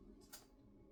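A fixed blade knife is handled at a kydex sheath with a safety lock, producing low steady rustle with a brief sharp broadband sound at about 0.3 s. The knife has not yet locked into the sheath, and nothing has seated or clicked.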